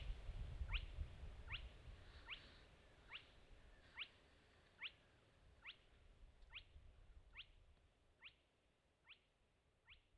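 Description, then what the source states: Spotted crake giving a series of sharp, whiplash-like rising whistles that fade toward the end, over a low rumbling background. Recorded on 10 June 2015.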